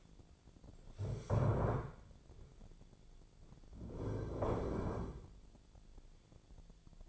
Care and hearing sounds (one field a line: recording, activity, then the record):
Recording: daily activity, microphone in the room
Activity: stand up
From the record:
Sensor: 5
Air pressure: 1008.2 hPa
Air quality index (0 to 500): 154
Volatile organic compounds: 3 ppm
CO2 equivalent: 1490 ppm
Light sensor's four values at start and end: 60/169/66/66 and 60/169/66/66